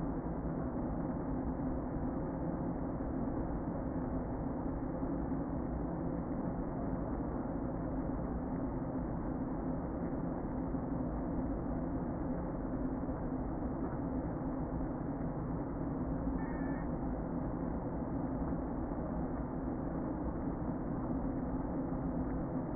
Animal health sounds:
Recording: honeybee colony, microphone inside the hive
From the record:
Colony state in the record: queen present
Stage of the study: before two queens were removed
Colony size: about 60,000 bees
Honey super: yes

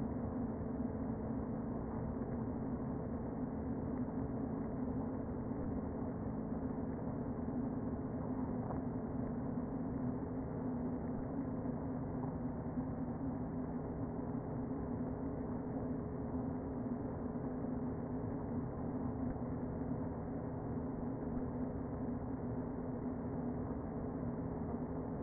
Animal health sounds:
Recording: honeybee colony, microphone inside the hive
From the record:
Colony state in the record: queen present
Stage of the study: before two queens were removed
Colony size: about 60,000 bees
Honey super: yes

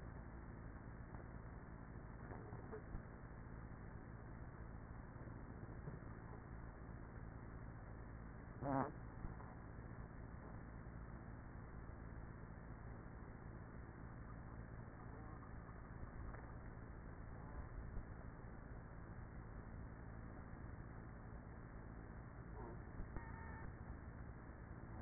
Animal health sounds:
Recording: honeybee colony, microphone inside the hive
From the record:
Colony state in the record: queenless with a low population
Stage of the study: after two queens were removed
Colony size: about 30,000 bees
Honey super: no

